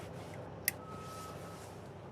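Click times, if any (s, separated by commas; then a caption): 0.7 s. A trailer coupling head locks onto the tow ball of the towing vehicle, seating with a single short, sharp metallic hit at 0.7 s over a steady low background hum. A faint tone lingers briefly after the hit, and the coupling is seated.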